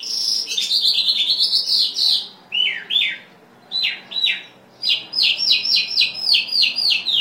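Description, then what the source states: Bimaculated lark song: high twittering, a few separated descending slurs, then a fast series of short falling notes. Recorded in Afghanistan.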